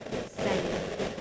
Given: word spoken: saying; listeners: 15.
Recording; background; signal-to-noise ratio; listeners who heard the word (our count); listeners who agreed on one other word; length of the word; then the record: one English word in noise, from a listening test; noise modulated by three-talker babble; -5.8 dB; 1 of 15; 7 of 15; 0.81 s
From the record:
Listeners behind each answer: 7, 2, 1, 1, 1, 1, 1, 1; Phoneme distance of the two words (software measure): 17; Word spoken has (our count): 2 syllables, 4 phonemes, stress on syllable 1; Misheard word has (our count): 1 syllable, 3 phonemes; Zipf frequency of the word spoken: 5.56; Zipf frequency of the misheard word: 5.65